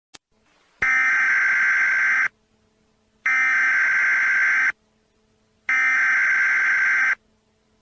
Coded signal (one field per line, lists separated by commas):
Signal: Emergency Alert System (SAME) tones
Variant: header bursts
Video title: EAS Scenario - Keep Quiet